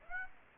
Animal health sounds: mosquito wingbeat signal from an infrared sensor; Aedes aegypti

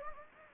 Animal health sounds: mosquito wingbeat signal from an infrared sensor; Anopheles gambiae

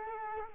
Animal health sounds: mosquito wingbeat signal from an infrared sensor; Culex quinquefasciatus

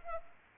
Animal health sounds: mosquito wingbeat signal from an infrared sensor; Culex pipiens

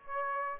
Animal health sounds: mosquito wingbeat signal from an infrared sensor; Aedes aegypti

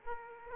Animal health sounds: mosquito wingbeat signal from an infrared sensor; Aedes aegypti

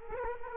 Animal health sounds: mosquito wingbeat signal from an infrared sensor; Culex quinquefasciatus

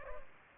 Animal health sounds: mosquito wingbeat signal from an infrared sensor; Culex pipiens

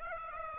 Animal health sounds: mosquito wingbeat signal from an infrared sensor; Aedes aegypti

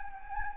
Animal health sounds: mosquito wingbeat signal from an infrared sensor; Anopheles gambiae

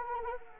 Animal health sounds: mosquito wingbeat signal from an infrared sensor; Anopheles arabiensis

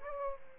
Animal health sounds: mosquito wingbeat signal from an infrared sensor; Aedes aegypti

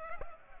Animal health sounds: mosquito wingbeat signal from an infrared sensor; Culex pipiens

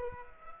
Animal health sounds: mosquito wingbeat signal from an infrared sensor; Aedes aegypti

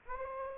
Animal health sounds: mosquito wingbeat signal from an infrared sensor; Anopheles gambiae

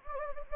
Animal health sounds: mosquito wingbeat signal from an infrared sensor; Anopheles gambiae

